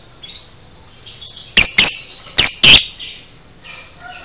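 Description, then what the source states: Lovebird chatter: busy, high chirping broken by four quick, harsh shrieks in close succession. Masteran training recording of 'paud' lovebird song, made for teaching cage birds.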